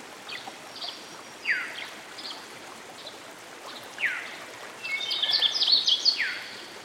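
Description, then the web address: Canada warbler song: a quick tumbling phrase of bright chips and warbles near the end, with scattered slurred whistles before it and flowing water throughout. Recorded by a stream. "Dan Gibson Songbirds By The Stream. Canada Warbler"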